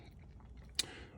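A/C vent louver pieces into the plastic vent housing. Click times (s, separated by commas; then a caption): 0.8 s. Plastic A/C vent louver pieces from a 2010 Hyundai Genesis Coupe R-Spec 2.0T are reassembled and snapped back into the plastic vent housing during a boost gauge vent install. After faint handling noises over a low background, a single sharp plastic click comes at 0.8 s as the pieces seat in place.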